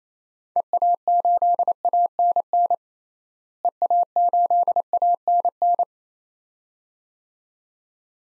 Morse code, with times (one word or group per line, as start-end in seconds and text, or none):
0.6-2.7 EA8ANN
3.6-5.8 EA8ANN